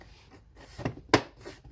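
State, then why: Seated. A painted door switch panel from a 2015+ Subaru WRX is hooked under the lip of the door trim panel and pressed in. A soft tap at 0.9 s is followed by a sharp snap at 1.1 s, and the panel is seated in the door trim.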